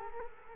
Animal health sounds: mosquito wingbeat signal from an infrared sensor; Culex quinquefasciatus

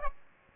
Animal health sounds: mosquito wingbeat signal from an infrared sensor; Aedes aegypti

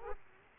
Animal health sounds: mosquito wingbeat signal from an infrared sensor; Aedes aegypti

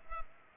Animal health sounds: mosquito wingbeat signal from an infrared sensor; Culex pipiens

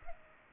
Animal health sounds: mosquito wingbeat signal from an infrared sensor; Culex pipiens

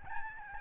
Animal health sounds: mosquito wingbeat signal from an infrared sensor; Aedes albopictus

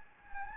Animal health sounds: mosquito wingbeat signal from an infrared sensor; Anopheles gambiae

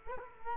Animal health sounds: mosquito wingbeat signal from an infrared sensor; Culex quinquefasciatus

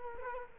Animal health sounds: mosquito wingbeat signal from an infrared sensor; Culex quinquefasciatus

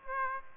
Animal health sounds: mosquito wingbeat signal from an infrared sensor; Aedes aegypti

